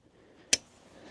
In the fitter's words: zatrzasnąć tą dźwignię